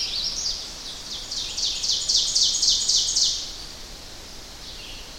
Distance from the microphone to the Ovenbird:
about 25 m